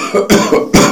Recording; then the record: coughing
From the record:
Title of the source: Spring Cold Coughing 3